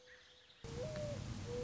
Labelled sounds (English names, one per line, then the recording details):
Mourning Dove
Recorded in Sonoma County, California